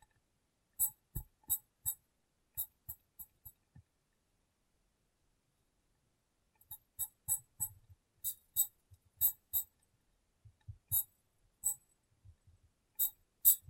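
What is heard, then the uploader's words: Glass being tapped in quick, crisp knocks, each with a bright ringing top and a short thump beneath. A cluster of taps opens, then a silent gap of about three seconds, followed by a denser, more irregular run of taps to the end. ASMR Glass Brain Tapping & Cleaning (No Talking).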